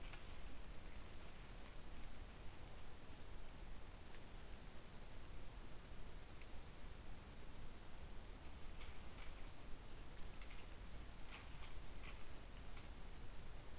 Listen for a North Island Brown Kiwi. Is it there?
no